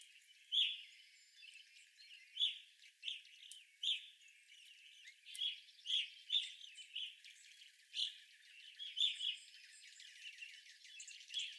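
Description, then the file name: Evening grosbeak calls: strong, slightly buzzy chirps repeated every second or two, with a continuous background of softer bird twitters. Several evening grosbeaks recorded on 25 April 2021. "2021-04-25 Evening Grosbeaks"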